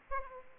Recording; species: mosquito wingbeat signal from an infrared sensor; Aedes aegypti